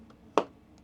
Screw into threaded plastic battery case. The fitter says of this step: That little click means that my teeth are properly engaged,